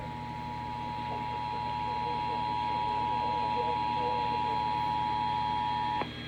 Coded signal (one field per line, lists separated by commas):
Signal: Emergency Alert System (SAME) tones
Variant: 853 and 960 Hz attention tone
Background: speech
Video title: SEVERE THUNDERSTORM WARNINGS ON WXL50 WKML AND WQSM EAS #4019 - #4021